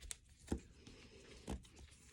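An air fill coupling is handled onto the fill nipple of a First Strike FSC less-lethal launcher while it is being aired up for a power test at 850 and 1000 psi. A brief sharp tick is heard at 0.1 s, then soft low thumps at 0.5 s and 1.5 s over faint rustling handling noise. Nothing has seated or clicked yet.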